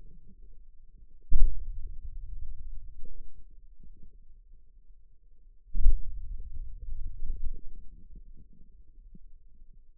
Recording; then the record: forearm muscle sounds (acoustic myography)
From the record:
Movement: hand opening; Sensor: system 2, bracelet of six BSWA MPA416 microphones around the upper forearm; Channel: 5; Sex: male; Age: 22 years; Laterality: right